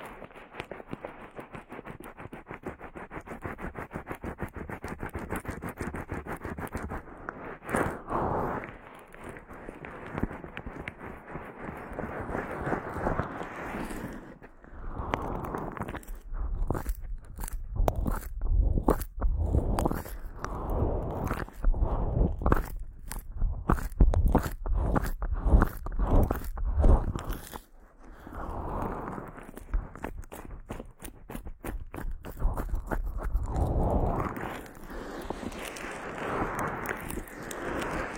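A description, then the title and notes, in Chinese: Head treatment sounds: dense, crackly scratching and rubbing that runs almost continuously, with quick crunchy ticks. Around 15 to 28 seconds the sounds break into rapid separate strokes. Brief lulls come near 14, 28 and 33 seconds before the scraping resumes. 疗愈SPA！头部调理，深度放松。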